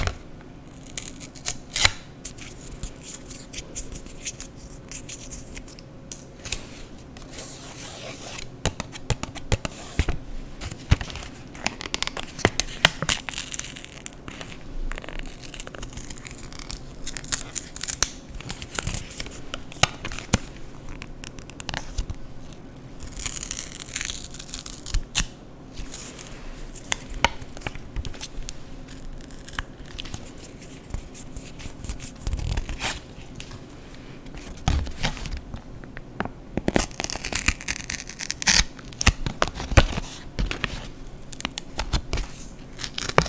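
Paper is cut with scissors and torn or crumpled, a steady run of crisp snips and rustling rips, with brighter tearing bursts around 25 and 37 seconds.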